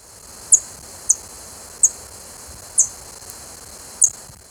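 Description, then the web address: Rainbow starfrontlet uttering five single, very high, sharp chip notes spaced roughly one second apart, over constant faint hiss. Ecuador. "Natures Songs S America Birds of Ecuador. Rainbow Starfrontlet"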